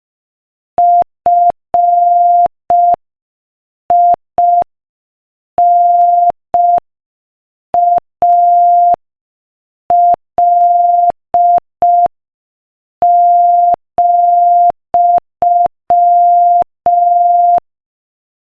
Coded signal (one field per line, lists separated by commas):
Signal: Morse code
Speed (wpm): 5 wpm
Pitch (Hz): 700 Hz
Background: none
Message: FINAL,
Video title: Morse Code Practice: 5 wpm Inspirational Quote 15